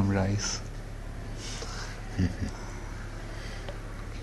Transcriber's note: chuckles